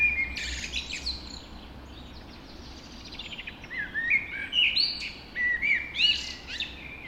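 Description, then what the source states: Mixed birdsong, sweet whistled notes and quick chirps from several birds, busiest in the second half with a softer stretch before it. Dawn chorus recorded just after dawn in the Forest of Dean.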